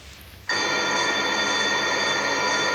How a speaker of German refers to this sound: Oh, werde ich jetzt mal klingeln.